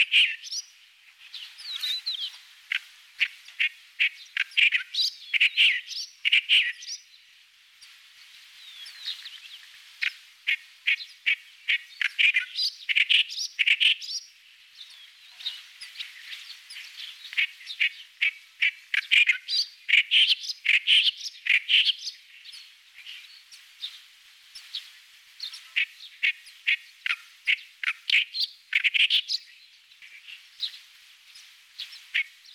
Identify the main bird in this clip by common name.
Clamorous Reed Warbler